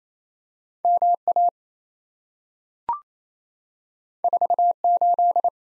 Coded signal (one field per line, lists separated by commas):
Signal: Morse code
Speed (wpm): 27 wpm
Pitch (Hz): 700 Hz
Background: none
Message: MA 48